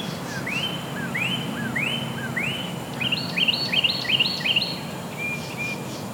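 Bird song: four clear rising whistled notes evenly spaced, then a rapid run of sharp chirps and two thin trailing notes, over low steady background noise.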